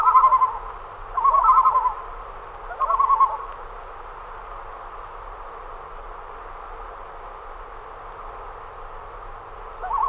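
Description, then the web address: Common loon tremolo: three wavering, laugh-like bursts in the first four seconds, then quiet background, with another burst starting at the very end. "great northern loon"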